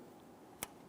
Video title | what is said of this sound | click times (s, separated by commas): How to Replace Mass Air Flow Sensor 1994-2004 Ford Mustang | You can feel it and hear it snap together. | 0.6 s